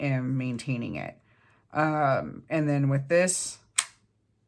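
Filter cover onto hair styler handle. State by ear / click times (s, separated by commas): seated / 3.8 s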